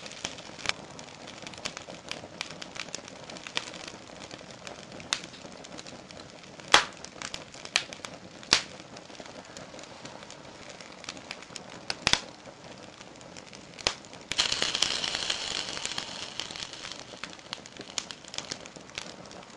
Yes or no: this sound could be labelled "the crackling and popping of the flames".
yes